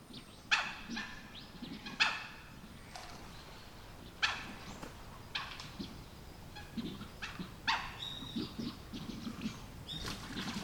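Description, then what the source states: Mandarin duck calls: short, sharp, harmonic-rich notes in irregular bursts, some louder and some softer. Mandarin ducks (oshidori) calling during rivalries.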